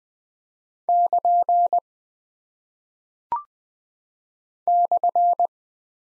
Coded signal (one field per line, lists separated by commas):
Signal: Morse code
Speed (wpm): 20 wpm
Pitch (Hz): 700 Hz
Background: none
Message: <KN> /